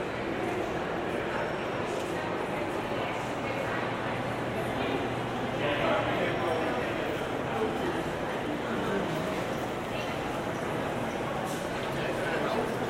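A walk from Grand Central Terminal toward Times Square, filled with a steady, dense crowd murmur of overlapping voices. The level holds even throughout, with brief brighter clatters and a low hum underneath, and a slightly louder swell of voices around six seconds.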